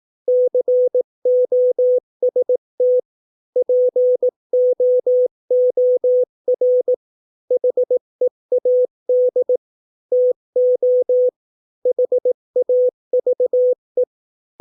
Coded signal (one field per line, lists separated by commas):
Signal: Morse code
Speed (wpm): 18 wpm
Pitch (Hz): 500 Hz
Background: none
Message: COST POOR HEAD TO HAVE